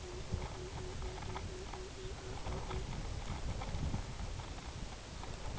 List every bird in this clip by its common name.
Pectoral Sandpiper